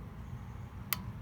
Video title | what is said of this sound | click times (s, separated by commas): Trail125/CT125 valve adjustment pt.2 exhaust | so in like so spin it counterclockwise and you actually hear and feel it click in seat in | 0.9 s